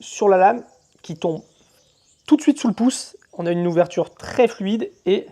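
Someone talks while handling a Leatherman Skeletool multitool, opening its steel blade one-handed by the thumb hole so it locks open against the liner lock. Only speech is heard, and nothing has clicked or seated yet when the clip ends.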